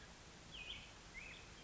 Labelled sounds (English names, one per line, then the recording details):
Black-headed Grosbeak
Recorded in Sonoma County, California